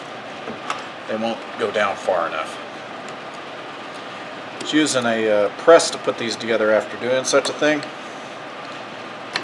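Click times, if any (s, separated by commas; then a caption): 9.4 s. A steel snap ring is fitted into the U-joint yoke of a Dodge Ram Cummins front driveshaft after the joint has been pressed together, while someone talks over a steady background hum. A sharp snap at 9.4 seconds marks the ring seating into its groove.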